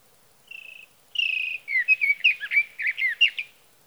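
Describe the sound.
Sage thrasher song opening with two steady whistled notes, then breaking into a fast, jumbled warble of rising and falling phrases.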